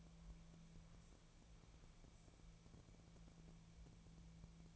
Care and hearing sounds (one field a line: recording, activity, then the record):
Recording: daily activity, microphone in the room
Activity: wipe stove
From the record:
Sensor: 1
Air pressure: 1000.6 hPa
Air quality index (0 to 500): 186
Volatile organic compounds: 5 ppm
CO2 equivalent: 1714 ppm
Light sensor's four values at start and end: 11/27/11/13 and 11/27/11/13